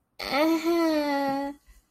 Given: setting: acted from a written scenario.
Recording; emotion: vocal sound without words; embarrassment